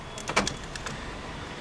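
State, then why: Seated. In a Ford Transit Tourneo Custom Titanium, a handle is pulled and a rear passenger seat is folded up one-handed into its floor latch, with a few short mechanical rattles and knocks between about 0.2 and 0.9 seconds. The loudest sharp latch click comes at 0.4 seconds, and the seat is locked into place and secure.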